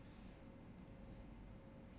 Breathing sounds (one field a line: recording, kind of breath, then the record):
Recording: one breath in and out by a microphone near the nose and mouth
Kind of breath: normal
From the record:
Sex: male